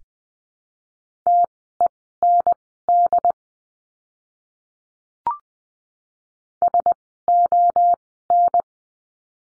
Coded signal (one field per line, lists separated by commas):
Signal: Morse code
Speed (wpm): 20 wpm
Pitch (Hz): 700 Hz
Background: none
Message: TEND SON